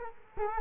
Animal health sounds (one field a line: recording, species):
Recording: mosquito wingbeat signal from an infrared sensor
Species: Culex quinquefasciatus